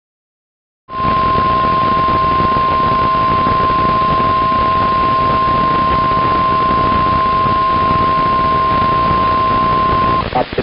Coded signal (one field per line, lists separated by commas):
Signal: Emergency Alert System (SAME) tones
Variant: 1050 Hz attention tone